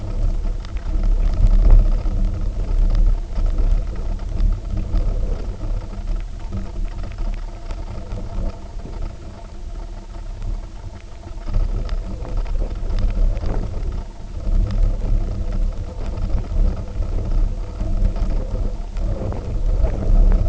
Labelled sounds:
none
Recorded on Arctic tundra, site UTQI-0, on 19 June 2018
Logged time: 02:00

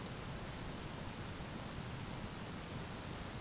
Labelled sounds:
none
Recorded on Arctic tundra, site ZACK-1, on 12 June 2019
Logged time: 05:49

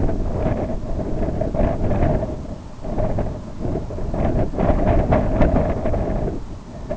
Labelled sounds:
none
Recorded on Arctic tundra, site IGLO-B, on 24 June 2018
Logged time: 01:59

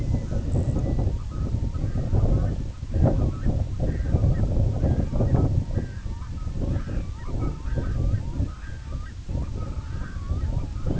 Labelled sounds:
White-rumped Sandpiper (Calidris fuscicollis), Red-throated Loon (Gavia stellata)
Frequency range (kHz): Red-throated Loon (Gavia stellata) 0.1-4.2 kHz
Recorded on Arctic tundra, site IGLO-A, on 17 June 2018
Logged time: 19:59

